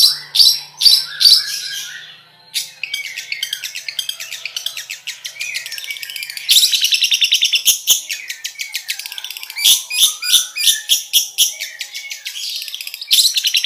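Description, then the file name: Long-tailed shrike song, a rapid, varied run of high chirps, trills and buzzy notes with quick shifts in pattern and short pauses between bursts. "suara cendet"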